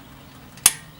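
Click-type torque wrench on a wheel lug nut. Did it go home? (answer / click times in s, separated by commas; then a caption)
yes / 0.7 s. A click-type torque wrench tightens a wheel lug nut in a crisscross pattern. After a quiet low background, one sharp metallic click rings out at 0.6 s with a short bright decay. The wrench has clicked, confirming the nut has reached full torque.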